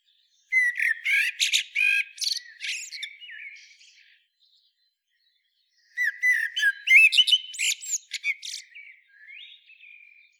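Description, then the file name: Eurasian blackbird song in two long phrases, each mixing low fluted whistles with busy, high-pitched twittering, separated by a short silence. "Turdus merula"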